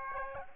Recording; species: mosquito wingbeat signal from an infrared sensor; Aedes albopictus